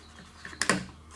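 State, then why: Seated. The plastic spinner cone of an FMS Cessna 182 RC airplane (1500 mm, 4s power) is pushed over the prop and onto the spinner backplate/holder. After a faint tap at 0.5 s, two sharp clicks come at 0.6 s and 0.7 s as the cone clips in and seats on the holder.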